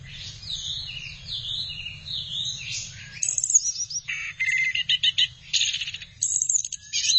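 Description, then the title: Thrush singing a rich, varied high song: flowing slurred phrases early, then clipped, rapid chattering notes in quick bursts, with low background hum throughout. "burung anis x"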